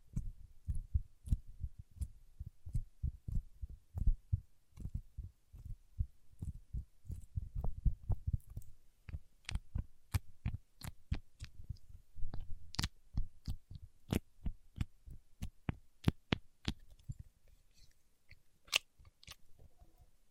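Paraffin wax being tapped and peeled, with a steady run of short, sharp clicks and taps roughly every half second or faster. The first half carries a dull low thudding under each tap; later the taps turn crisper and brighter, with occasional scratchy texture between them.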